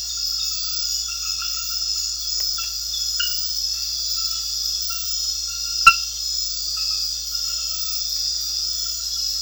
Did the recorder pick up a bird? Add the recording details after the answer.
no. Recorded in secondary vegetation near Puerto Asís, Putumayo, Colombia, on 4 March 2025 at 23:30. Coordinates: 0.498, -76.327. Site G001